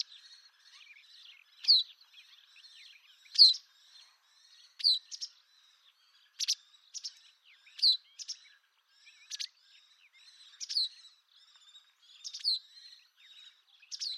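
White wagtail calls, sharp high chirping notes dropping in pitch, given every second or two, with faint twittering between them.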